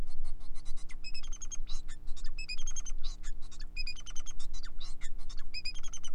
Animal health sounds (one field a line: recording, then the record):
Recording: song of a male Bengalese finch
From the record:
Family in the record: son of father 4